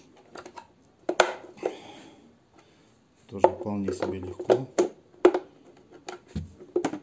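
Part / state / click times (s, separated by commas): cyclone container component into vacuum container / not seated / none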